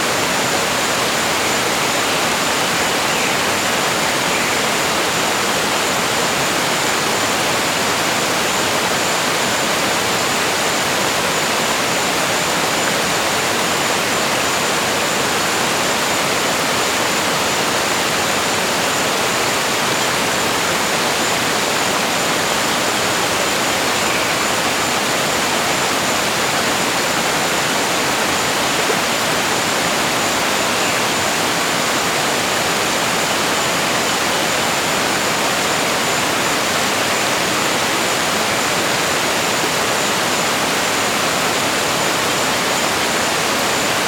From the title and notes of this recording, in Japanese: カルダモン山脈の滝。古代の熱帯雨林に囲まれた滝。